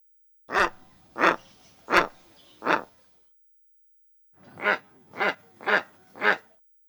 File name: mogilnik golos